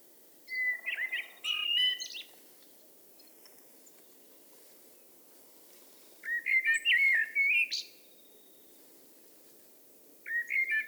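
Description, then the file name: Eurasian blackbird delivering flute-like warbling phrases separated by pauses of a few seconds, the first two closing with a brief high chatter, against a quiet background. "Turdus merula"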